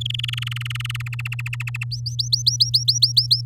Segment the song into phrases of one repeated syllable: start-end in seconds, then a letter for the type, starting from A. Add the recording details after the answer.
0.01-1.02 A, 1.06-1.84 B, 1.91-3.41 C. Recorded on 10 May 2018 at 07:12. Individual llb16